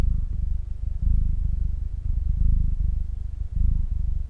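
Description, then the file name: Cat purr, a low vibrating drone in stretches of about a second, broken by short pauses. "cat purr pt 1"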